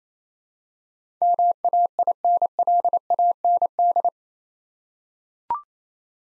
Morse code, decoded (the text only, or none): MAINLAND